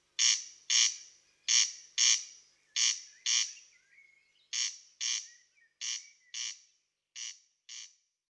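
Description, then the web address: Corn crake rasping call, harsh dry notes given in pairs about every 1.3 seconds, with a brief pause midway and a faint thin whistle. "tydzien eko MEDIA Derkacz"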